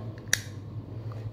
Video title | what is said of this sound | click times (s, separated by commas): How To Change The Battery Of Accu-Chek Glucometer ? E9 Error at Accu-chek [sandhikshandas] | make sure you don't break it you will hear a click sound that means it is locked | 0.3 s